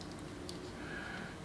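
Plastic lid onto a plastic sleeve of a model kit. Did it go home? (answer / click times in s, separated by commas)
yes / 0.5 s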